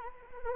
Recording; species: mosquito wingbeat signal from an infrared sensor; Anopheles arabiensis